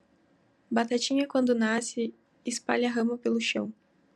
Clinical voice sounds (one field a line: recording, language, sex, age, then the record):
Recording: short text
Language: Brazilian Portuguese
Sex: female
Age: 20 to 29 years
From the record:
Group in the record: control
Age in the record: 23 years